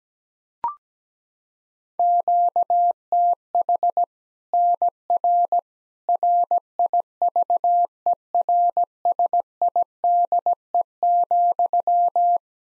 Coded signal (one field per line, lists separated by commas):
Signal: Morse code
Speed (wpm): 17 wpm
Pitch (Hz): 700 Hz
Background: none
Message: QTH NR RIVERSIDE,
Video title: Practice QSO - Exchange 1- Beginning - 17wpm